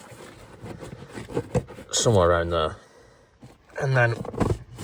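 A steering column component is handled while it is pushed back on in the correct orientation onto the lower steering column of a Vauxhall Movano / Renault Master van. Someone talks over faint handling noises and a brief knock. Nothing has seated or clicked into place yet.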